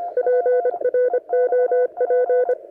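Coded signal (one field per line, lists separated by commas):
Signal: Morse code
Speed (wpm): 25 wpm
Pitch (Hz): 500 Hz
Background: none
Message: PROP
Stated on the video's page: Signals heard while testing a centre-fed full wave dipole antenna, including results later in the day.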